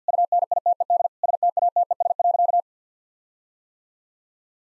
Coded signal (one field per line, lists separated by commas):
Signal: Morse code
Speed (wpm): 50 wpm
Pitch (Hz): 700 Hz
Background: none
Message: UNITED STATES.